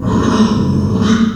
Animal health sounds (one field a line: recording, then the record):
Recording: squeal of a Yucatan mini pig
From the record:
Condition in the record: after surgery on the right vocal fold (resection and tissue-engineered implant)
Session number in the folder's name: 10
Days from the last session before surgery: 86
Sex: female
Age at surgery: 19 weeks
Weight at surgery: 25 kg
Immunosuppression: prednisolone